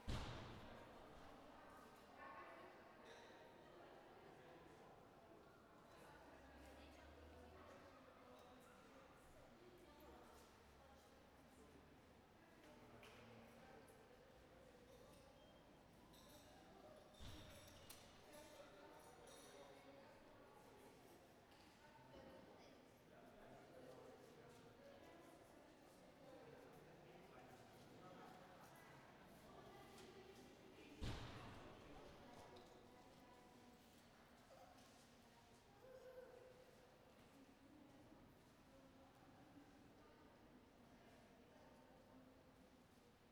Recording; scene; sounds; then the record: everyday scene through a hearing-aid microphone; reverberant space; background noise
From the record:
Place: railway station hall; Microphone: behind the ear, right, rear